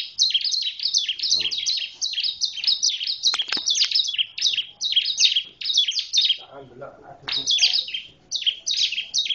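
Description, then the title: Bar-winged prinia singing fast, high, repeated chirping phrases in bursts, with a short break filled by softer scratchy sounds before the song resumes. "Suara Burung Ciblek"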